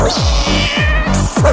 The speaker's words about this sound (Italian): Miao.